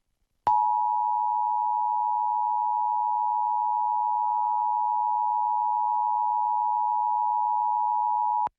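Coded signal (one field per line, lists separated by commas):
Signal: Emergency Alert System (SAME) tones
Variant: 853 and 960 Hz attention tone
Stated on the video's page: Required Monthly Test of the Emergency Alert System as received on Salt Lake City television stations.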